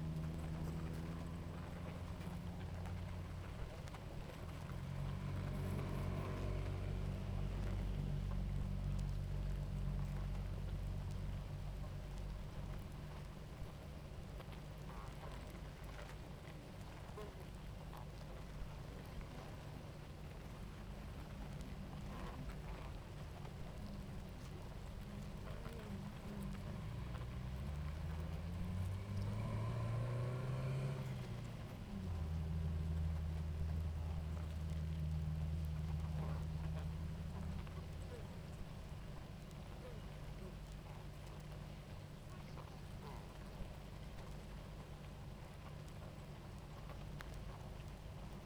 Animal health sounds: honeybee colony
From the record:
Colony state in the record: active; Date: 28 July 2017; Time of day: 18:20

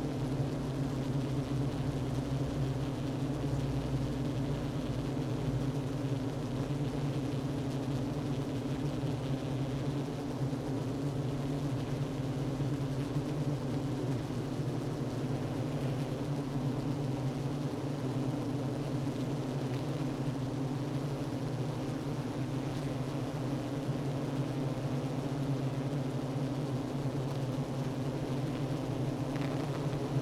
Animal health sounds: honeybee colony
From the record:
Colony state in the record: active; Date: 12 June 2018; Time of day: 10:39

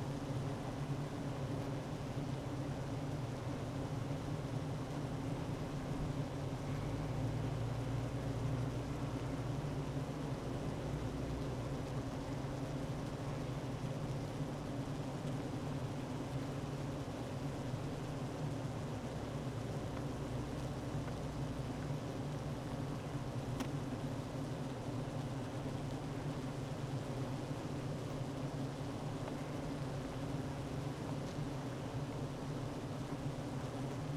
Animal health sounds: honeybee colony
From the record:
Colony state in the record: active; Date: 12 June 2018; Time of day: 9:21

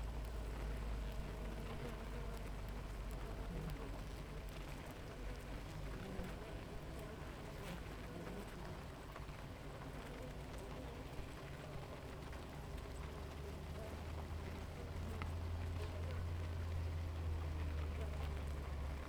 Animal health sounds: honeybee colony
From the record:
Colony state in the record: active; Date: 28 July 2017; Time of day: 6:49

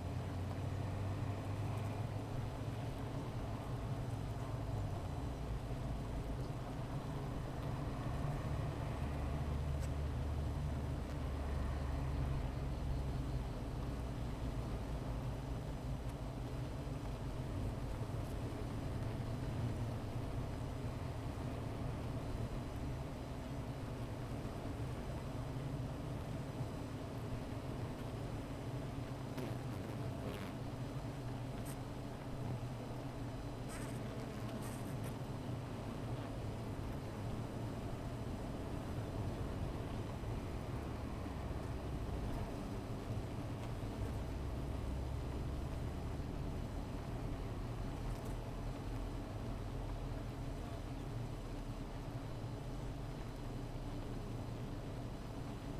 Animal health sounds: honeybee colony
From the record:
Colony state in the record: missing queen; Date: 14 July 2017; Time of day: 15:38

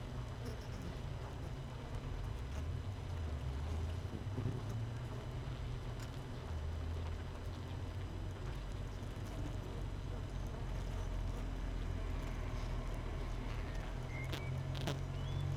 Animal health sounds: honeybee colony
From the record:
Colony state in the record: missing queen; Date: 31 May 2018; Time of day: 7:25

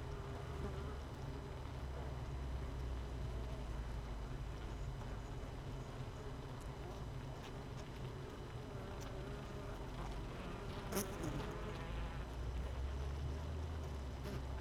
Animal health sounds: honeybee colony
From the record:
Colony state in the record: missing queen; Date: 31 May 2018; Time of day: 17:45

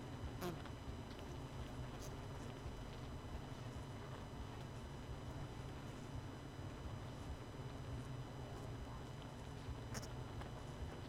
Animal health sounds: honeybee colony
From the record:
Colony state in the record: missing queen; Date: 31 May 2018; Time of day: 20:42

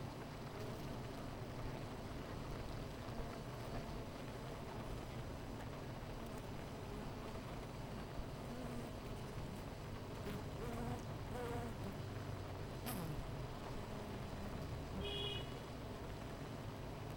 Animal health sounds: honeybee colony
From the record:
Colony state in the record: missing queen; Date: 14 July 2017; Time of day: 10:20

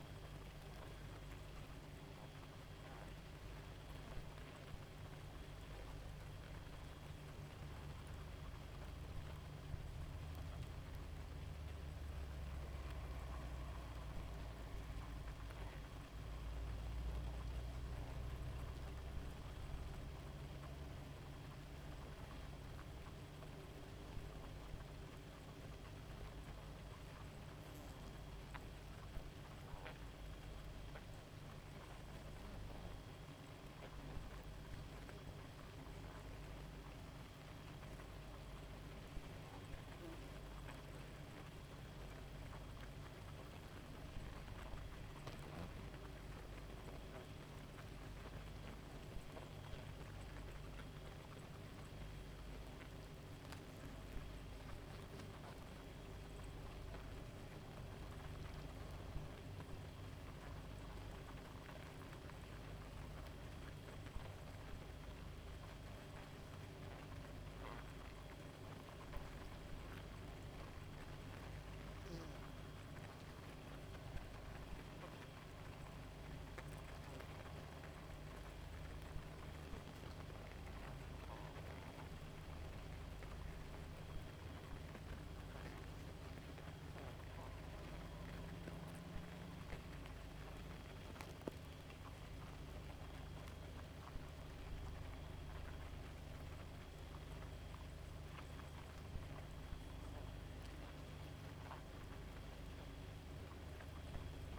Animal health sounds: honeybee colony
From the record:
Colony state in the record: active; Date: 28 July 2017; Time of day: 0:33

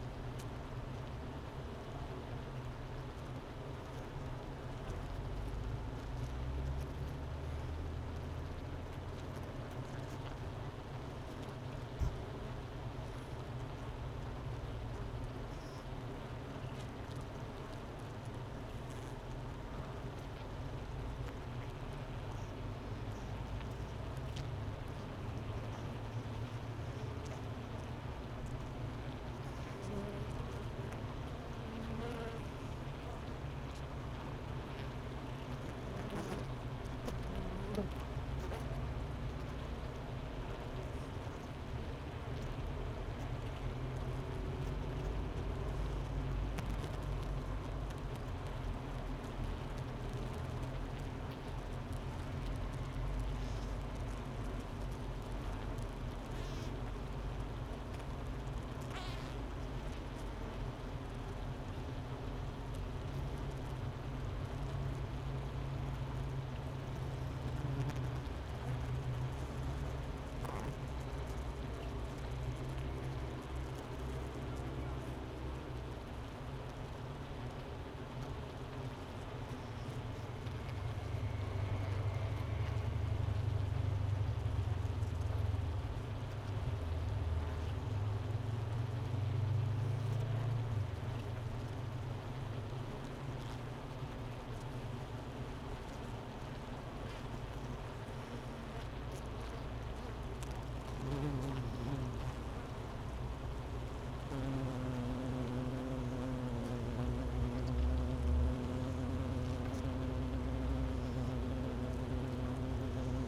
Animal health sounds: honeybee colony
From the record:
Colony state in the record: missing queen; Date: 31 May 2018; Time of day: 11:02

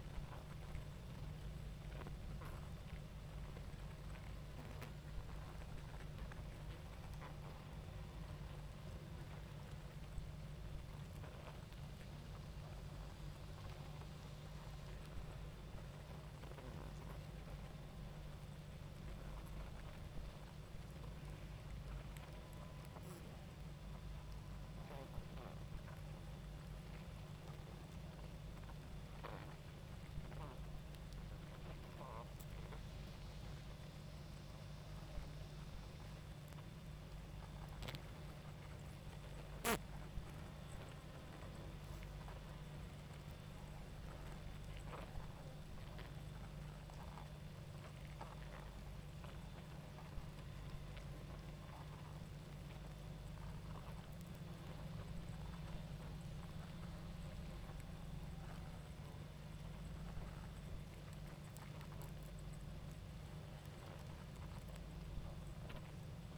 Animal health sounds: honeybee colony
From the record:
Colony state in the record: active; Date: 28 July 2017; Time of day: 21:48

